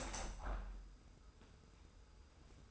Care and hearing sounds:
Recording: daily activity, microphone in the room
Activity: open window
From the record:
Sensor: 2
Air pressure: 990.2 hPa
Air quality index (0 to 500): 205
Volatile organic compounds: 1000 ppm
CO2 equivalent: 6580 ppm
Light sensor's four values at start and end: 23/54/22/22 and 24/56/23/23

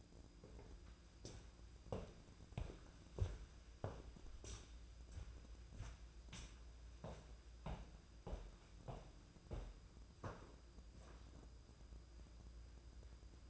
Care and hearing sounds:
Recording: daily activity, microphone in the room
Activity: walk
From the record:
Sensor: 2

